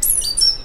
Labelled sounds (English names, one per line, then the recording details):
Stitchbird song
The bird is a male
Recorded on Tiritiri Matangi Island, New Zealand, in 2005
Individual 2, of nest box 2